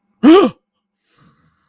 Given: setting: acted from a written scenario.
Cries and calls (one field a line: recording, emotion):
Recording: vocal sound without words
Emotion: fear